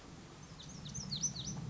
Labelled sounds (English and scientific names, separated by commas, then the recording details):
Lazuli Bunting (Passerina amoena)
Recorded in Sonoma County, California